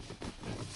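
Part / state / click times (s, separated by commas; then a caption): cabin air filter cover into the filter housing / not seated / none. A plastic cabin air filter cover is handled against the filter housing of a Mazda RX-8 during a cabin filter change, with soft handling noises and a brief rise in level at about 0.2 s. The clip ends just before the cover goes home, so nothing has seated or clicked yet.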